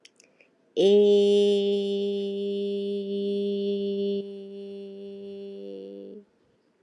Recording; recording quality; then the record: sustained vowel as in made; excellent, no background noise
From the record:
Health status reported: healthy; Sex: female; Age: 43 years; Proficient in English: yes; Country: India